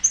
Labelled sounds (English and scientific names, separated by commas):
Yellow-rumped Warbler (Setophaga coronata) flight call